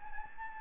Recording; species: mosquito wingbeat signal from an infrared sensor; Anopheles gambiae